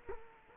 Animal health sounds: mosquito wingbeat signal from an infrared sensor; Culex quinquefasciatus

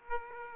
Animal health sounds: mosquito wingbeat signal from an infrared sensor; Aedes aegypti

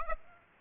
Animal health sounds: mosquito wingbeat signal from an infrared sensor; Aedes aegypti

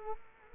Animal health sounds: mosquito wingbeat signal from an infrared sensor; Culex quinquefasciatus

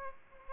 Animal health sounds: mosquito wingbeat signal from an infrared sensor; Aedes aegypti

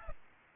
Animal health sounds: mosquito wingbeat signal from an infrared sensor; Aedes albopictus

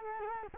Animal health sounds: mosquito wingbeat signal from an infrared sensor; Culex quinquefasciatus

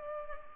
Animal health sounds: mosquito wingbeat signal from an infrared sensor; Culex pipiens

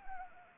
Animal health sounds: mosquito wingbeat signal from an infrared sensor; Anopheles arabiensis

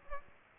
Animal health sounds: mosquito wingbeat signal from an infrared sensor; Aedes aegypti

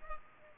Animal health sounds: mosquito wingbeat signal from an infrared sensor; Culex pipiens

